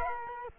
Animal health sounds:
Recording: mosquito wingbeat signal from an infrared sensor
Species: Culex quinquefasciatus

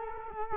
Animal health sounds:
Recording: mosquito wingbeat signal from an infrared sensor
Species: Culex quinquefasciatus

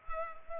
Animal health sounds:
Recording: mosquito wingbeat signal from an infrared sensor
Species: Culex pipiens

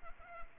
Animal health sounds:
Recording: mosquito wingbeat signal from an infrared sensor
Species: Culex pipiens

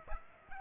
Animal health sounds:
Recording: mosquito wingbeat signal from an infrared sensor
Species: Aedes aegypti

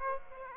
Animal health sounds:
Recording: mosquito wingbeat signal from an infrared sensor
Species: Aedes aegypti

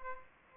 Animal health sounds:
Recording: mosquito wingbeat signal from an infrared sensor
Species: Aedes aegypti

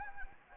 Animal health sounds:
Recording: mosquito wingbeat signal from an infrared sensor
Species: Anopheles arabiensis

